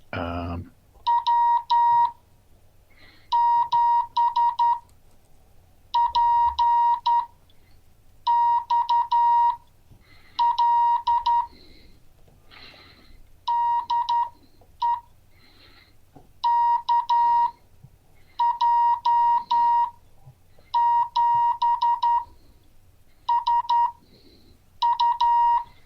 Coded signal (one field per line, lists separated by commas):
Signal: Morse code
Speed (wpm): 12 wpm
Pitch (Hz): 950 Hz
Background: none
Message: W7PXL DE KJ7SU